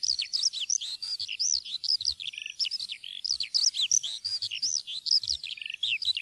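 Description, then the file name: Eurasian skylark pouring out a long, hurried medley of shrill chirps, slurred whistles and quick trills, barely pausing, over faint low background noise. "sanglerke"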